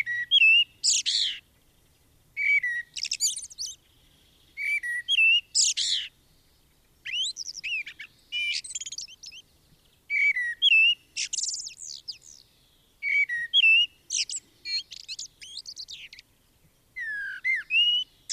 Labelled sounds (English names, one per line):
Common Blackbird song